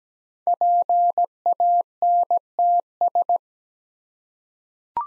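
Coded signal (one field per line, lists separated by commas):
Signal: Morse code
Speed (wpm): 17 wpm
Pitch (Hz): 700 Hz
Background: none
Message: PANTS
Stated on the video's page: Morse practice drill of 5-letter words at 17 wpm, each word sent twice around a spoken version, for head-copy.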